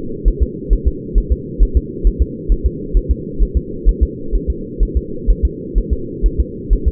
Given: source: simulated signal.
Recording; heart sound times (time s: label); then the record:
fetal heart sounds
0.28 s: S1
0.43 s: S2
0.73 s: S1
0.88 s: S2
1.18 s: S1
1.32 s: S2
1.63 s: S1
1.77 s: S2
2.07 s: S1
2.22 s: S2
2.52 s: S1
2.66 s: S2
2.97 s: S1
3.11 s: S2
3.43 s: S1
3.57 s: S2
3.89 s: S1
4.03 s: S2
4.36 s: S1
4.50 s: S2
4.83 s: S1
4.97 s: S2
5.31 s: S1
5.45 s: S2
5.78 s: S1
5.93 s: S2
6.26 s: S1
6.40 s: S2
6.73 s: S1
6.88 s: S2
From the record:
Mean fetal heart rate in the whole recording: 130 bpm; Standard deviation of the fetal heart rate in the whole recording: 2 bpm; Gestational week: 36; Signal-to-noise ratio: -4.3 dB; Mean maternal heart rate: 72 bpm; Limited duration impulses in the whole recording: absent